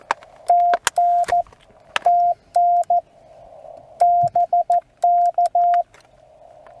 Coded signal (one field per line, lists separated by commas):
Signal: Morse code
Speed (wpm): 14 wpm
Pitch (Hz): 690 Hz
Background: radio noise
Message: TN TN BK